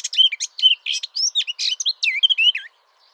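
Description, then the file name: Eurasian blackcap song, a rapid, rich warble of varied chirps and fluty notes running for nearly three seconds, then stopping abruptly; no other clear sounds. "Sylvia atricapilla"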